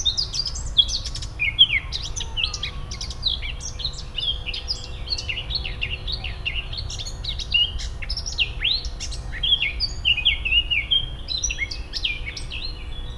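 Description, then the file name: Eurasian blackcap twittering, dense overlapping chirps and short warbled phrases throughout, busy and continuous, with constant low-pitched background hum. "Sylvia atricapilla"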